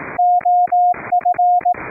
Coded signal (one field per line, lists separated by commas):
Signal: Morse code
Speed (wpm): 18 wpm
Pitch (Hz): 710 Hz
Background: none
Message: OF